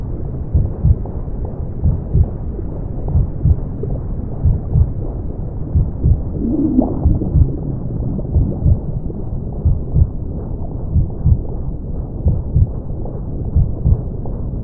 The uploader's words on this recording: Brown Sound & Heartbeats. Womb sounds.